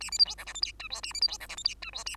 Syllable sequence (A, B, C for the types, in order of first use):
A B C D E F G H I J A B C D E F G H I J A